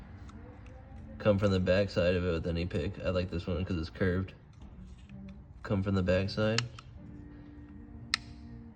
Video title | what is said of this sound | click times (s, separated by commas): B8.5 Audi S5 APR Upgraded Coil Packs Install (DIY) - They Look Insane! | Pop. Right there, you heard that click. That's it popping. | 8.1 s